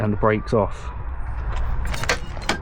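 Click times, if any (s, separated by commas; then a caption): 2.1 s, 2.5 s. A caravan handbrake lever is pulled up on the chassis until its ratchet engages and holds, clicking on at 2.1 s and 2.5 s. Someone talks briefly at the start, then sharp metallic ratchet clicks follow over low background noise. The handbrake is confirmed seated and on.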